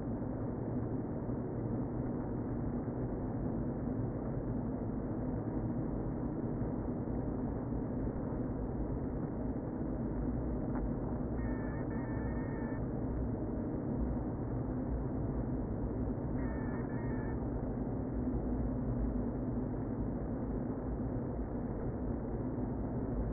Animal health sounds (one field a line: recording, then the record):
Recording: honeybee colony, microphone inside the hive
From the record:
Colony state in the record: queen present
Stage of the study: before two queens were removed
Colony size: about 60,000 bees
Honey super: yes